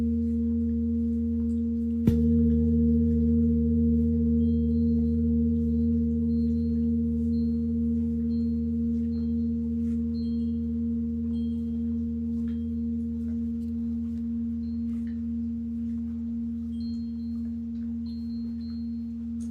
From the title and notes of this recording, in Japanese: 大きいボウル3つだけのサウンドヒーリングLive メキシコは朝です。